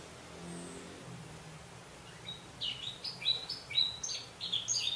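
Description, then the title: Orange-headed thrush song: after a quiet start, a lively run of high chirps and twittered whistles picks up and continues to the end. "Anis Merah"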